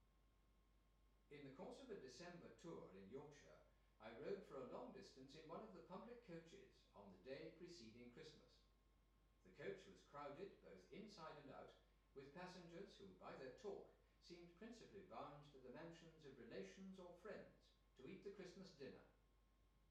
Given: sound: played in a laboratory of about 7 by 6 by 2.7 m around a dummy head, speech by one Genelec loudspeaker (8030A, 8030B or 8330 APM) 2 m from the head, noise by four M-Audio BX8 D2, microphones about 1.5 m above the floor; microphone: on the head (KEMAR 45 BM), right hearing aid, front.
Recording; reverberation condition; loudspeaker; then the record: male speech in English; medium; 120 degrees to the left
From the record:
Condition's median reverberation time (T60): about 510 ms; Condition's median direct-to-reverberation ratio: about -0.5 dB